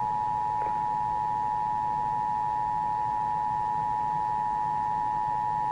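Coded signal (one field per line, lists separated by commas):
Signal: Emergency Alert System (SAME) tones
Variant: 853 and 960 Hz attention tone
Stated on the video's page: National Periodic Test heard on an FM station in Detroit.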